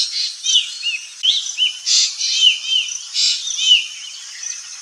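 Birdsong, rapid high chirps and looping whistled phrases coming in rhythmic bursts throughout.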